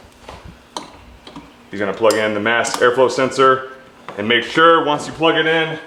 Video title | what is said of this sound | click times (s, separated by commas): How to Install Air Intake (easy +45HP) | and then replugging in going plug in this right there until you hear it snap | 0.8 s